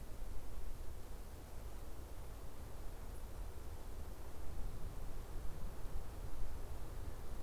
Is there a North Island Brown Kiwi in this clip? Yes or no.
no